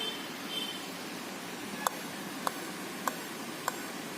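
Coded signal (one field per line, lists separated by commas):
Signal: beep code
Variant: Dell laptop BIOS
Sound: four short high beeps about 0.6 seconds apart over faint hiss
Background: room hiss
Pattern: 4 short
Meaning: Four beeps on a Dell BIOS signal a memory (RAM) failure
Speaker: Now mark brother the sound of this laptop.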